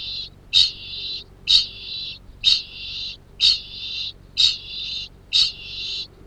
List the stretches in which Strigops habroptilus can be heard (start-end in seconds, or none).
0.00-6.26